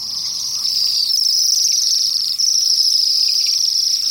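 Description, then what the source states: Bohemian waxwings calling as a flock, a dense continuous wash of thin, high, trilling notes overlapping without pause. Flock; nomadic winter visitors from northern boreal forest nesting grounds, seeking fruit.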